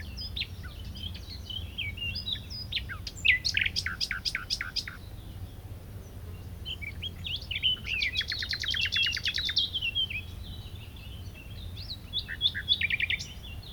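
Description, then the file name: Common nightingale singing varied chirps, then strong repeated notes in spaced bursts, then a fast churring trill and more chirps. "Luscinia megarhynchos"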